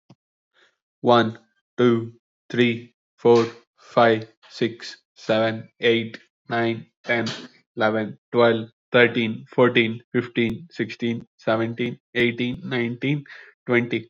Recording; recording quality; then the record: counting at a fast pace; excellent, no background noise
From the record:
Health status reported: respiratory illness, not identified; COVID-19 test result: negative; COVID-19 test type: RT-PCR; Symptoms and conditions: cold, sore throat, fatigue, asthma, another condition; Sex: male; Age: 25 years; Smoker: no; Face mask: not worn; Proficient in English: yes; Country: India